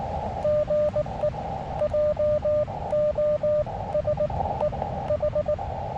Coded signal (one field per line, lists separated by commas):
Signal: Morse code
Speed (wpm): 19 wpm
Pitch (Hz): 590 Hz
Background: radio noise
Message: GE JO S E H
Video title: SOTABEAM 10m Travel Mast Beaches on the Air #BOTA My first time doing BOTA!